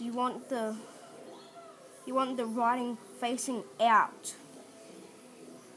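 A skateboard bearing is turned so its writing faces out and lined up against the hub of a urethane wheel, ready to be pushed in. Someone talks throughout, with quiet pauses between phrases. Nothing has seated or clicked yet.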